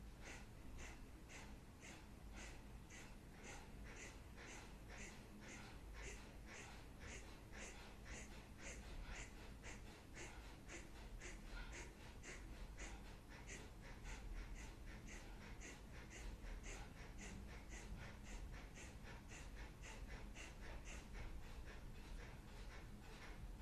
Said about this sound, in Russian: Смотрите, пока вы дышите, вроде бы такая интенсивная практика, как капалабхати, она может работать на расслабление. И это мало кто знает об этом.